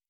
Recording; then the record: hydrophone in a shrimp aquaculture tank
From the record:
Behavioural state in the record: normal